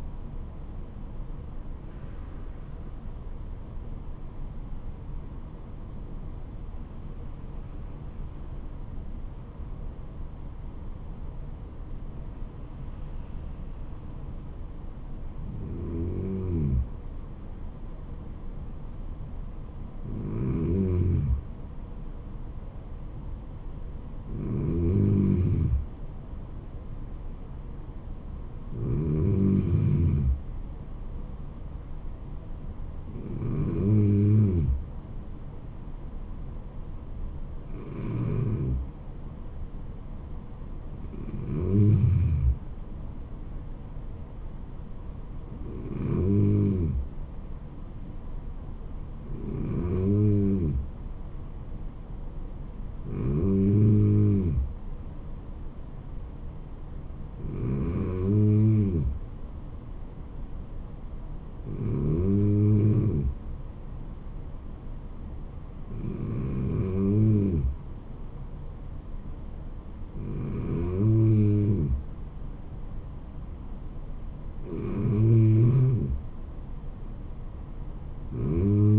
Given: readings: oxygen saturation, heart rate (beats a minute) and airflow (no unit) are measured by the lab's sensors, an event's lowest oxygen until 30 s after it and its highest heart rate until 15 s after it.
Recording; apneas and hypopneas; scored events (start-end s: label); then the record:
breathing in sleep by a smartphone at the bedside; 1
5.00-26.80 s: hypopnea (N2, oxygen 97% highest, then 95% lowest, heart rate 74 at the start, 76 highest)
From the record:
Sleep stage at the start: N2 (light sleep); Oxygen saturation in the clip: 95 to 97%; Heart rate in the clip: 68 to 79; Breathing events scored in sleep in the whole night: 426 in 7.4 hours asleep